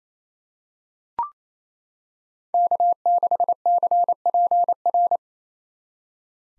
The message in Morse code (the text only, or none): K6CPR